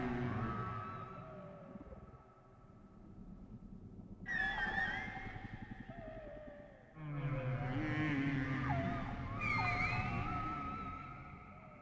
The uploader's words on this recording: WHALE SOUNDS, WHITE NOISES. WHALE SOUNDS WITHOUT MUSIC.